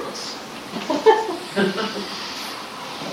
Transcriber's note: laughter